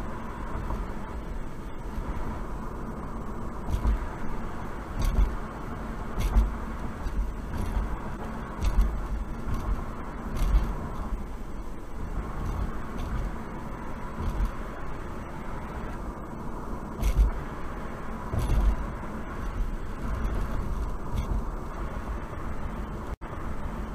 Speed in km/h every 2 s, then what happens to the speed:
63, 63, 61, 60, 60, 58, 60, 61, 61, 63, 63, 63.
0-24 steady at about 61.